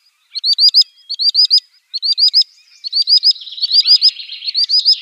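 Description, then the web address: Common sandpiper display call: ringing upslurred notes in clusters of three or four, with a blurred, overlapping stretch of whistles in the second half. Male display. "Schulze Peter Common Sandpiper male display"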